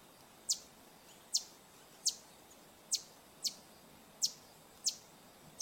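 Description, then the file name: Green honeycreeper with evenly spaced high, thin, descending notes, one about every 0.7 seconds, eight in all, against a faint hiss. "Canto do sai verde"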